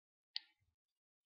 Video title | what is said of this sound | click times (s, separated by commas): Clamp-less curling iron.wmv | You heard it just click. You can just pull out the screw head like that. | 0.4 s